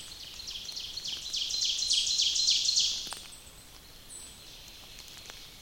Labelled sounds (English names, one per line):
Ovenbird song